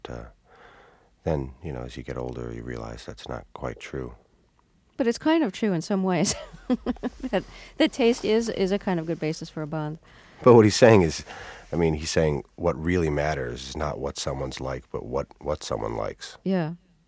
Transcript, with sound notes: But then, you know, as you get older, you realize that's not quite true.
But it's kind of true in some ways, (laughs) that taste is a kind of good basis for a bond.
But what he's saying is -- I mean, he's saying what really matters is not what someone's like but what someone likes...